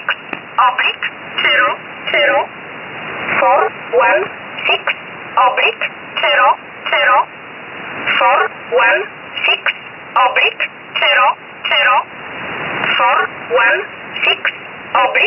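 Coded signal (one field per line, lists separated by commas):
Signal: numbers station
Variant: E11 Oblique, English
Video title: 13 05 2019 E11 Oblique Numbers station in English 0450 on 7469 unknown tx site in USB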